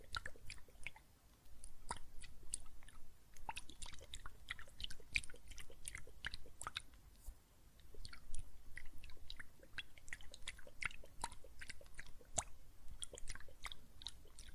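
Soap foam crackles and fizzes as countless tiny bubbles pop, making dense, irregular clicks and crisp snaps that run the whole way through. A soft low murmur sits underneath, and the popping briefly thins out near two seconds and again around seven seconds.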